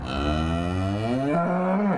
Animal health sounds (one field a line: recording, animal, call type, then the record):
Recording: contact call of a hoofed animal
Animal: cattle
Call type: low-frequency (closed-mouth) or high-frequency (open-mouth) call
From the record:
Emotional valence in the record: negative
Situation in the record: full separation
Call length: 2.0 s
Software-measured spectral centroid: 1440 Hz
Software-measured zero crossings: 1110 a second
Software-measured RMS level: -24 dBFS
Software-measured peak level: -12 dBFS